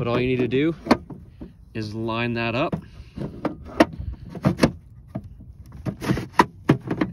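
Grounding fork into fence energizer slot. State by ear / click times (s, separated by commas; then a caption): seated / 6.4 s. Someone talks while lining up a metal grounding fork with the slot on a poultry-netting fence energizer, followed by scattered clacks and knocks. The fork is pushed in and clicks into place at 6.4 s, seated and held by the retention button.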